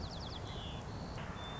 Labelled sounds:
White-crowned Sparrow
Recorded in Sonoma County, California

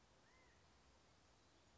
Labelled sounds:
California Quail
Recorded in Sonoma County, California

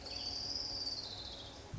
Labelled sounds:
Orange-crowned Warbler
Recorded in Sonoma County, California

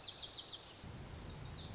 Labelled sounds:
Lazuli Bunting
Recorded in Sonoma County, California

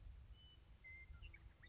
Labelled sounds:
Western Meadowlark
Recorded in Sonoma County, California

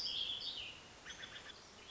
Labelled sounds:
Warbling Vireo
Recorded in Sonoma County, California

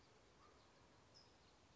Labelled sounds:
California Towhee
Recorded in Sonoma County, California

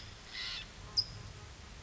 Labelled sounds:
California Towhee
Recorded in Sonoma County, California

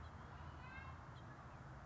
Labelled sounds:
House Finch
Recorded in Sonoma County, California

